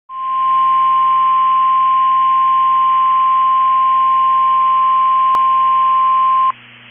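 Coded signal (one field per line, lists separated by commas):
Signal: Emergency Alert System (SAME) tones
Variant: 1050 Hz attention tone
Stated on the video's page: NOAA Weather Radio Severe Thunderstorm Warning from the Arab, Alabama transmitter.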